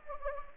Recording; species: mosquito wingbeat signal from an infrared sensor; Anopheles gambiae